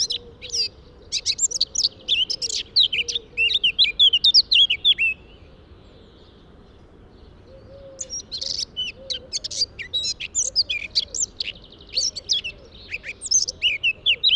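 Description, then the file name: Eurasian blackcap song in two bursts of scratchy warbling and fluty notes, separated by a few seconds of quiet, with soft low wavering tones underneath. "Sylvia atricapilla"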